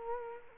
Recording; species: mosquito wingbeat signal from an infrared sensor; Culex quinquefasciatus